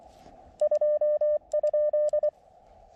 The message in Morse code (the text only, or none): 2?